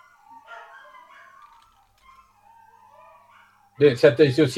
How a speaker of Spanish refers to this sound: Esperen, muchachos, tengo un problemita con los perros. Están creo que hasta ustedes los perros. Están escuchando. No, por favor, queremos escuchar eso. Se acaba de silenciarse. Los tres a la vez estaban llorando.